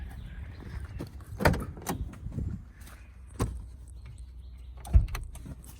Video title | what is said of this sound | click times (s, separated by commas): Dodge Trunk Won’t Open FIXED 2020 | I heard it click. | 1.4 s